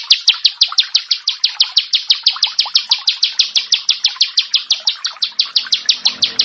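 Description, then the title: Bar-winged prinia song: a fast, steady series of sharp high chirps, continuing without pause. "Ciblek Sawah"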